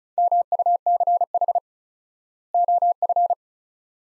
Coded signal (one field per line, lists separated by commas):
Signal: Morse code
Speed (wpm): 34 wpm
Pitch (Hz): 700 Hz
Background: none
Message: MUCH OF